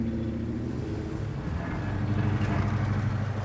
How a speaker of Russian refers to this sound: Автомобиль Дегтярева движется по разбитой дороге между обшарпанных зданий завода.